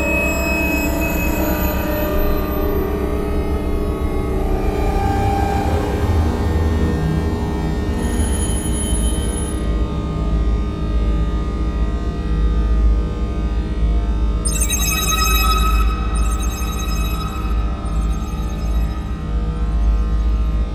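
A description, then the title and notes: An old online synth produces a steady, dense electronic drone with a heavy low rumble and layered sustained tones. A high whistling tone appears around eight seconds, and bright ringing, bell-like chimes flicker in near fifteen and seventeen seconds over the unchanging loudness. Using old online e synths to create sounds (rather than music), in this case the Ancient Solfeggio Synthesizer I found in 2012. Then, putting the result into ambient v.3 software and improvising on it. Lots of reverb, always lots of reverb.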